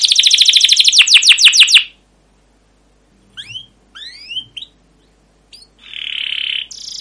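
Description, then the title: Canary song beginning with a rapid rolling trill, then silence, a few upward-sweeping whistled notes, and a closing buzzy tone. Canary song with long rolling trills (cuit cuit ngerol), described as gacor, used as a lure (pancingan) master recording to train other canaries. "CUIT CUIT NGEROL LANGSUNG GACOR PANJANG Kenari Pancingan. Masteran Suara Burung Kenari Gacor Panjang cuit cuit Ngerol untuk Pancingan Kenari"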